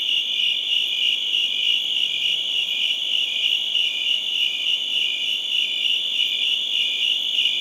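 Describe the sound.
Many crickets chirp together in an unbroken high trill with a fast, even pulse throughout.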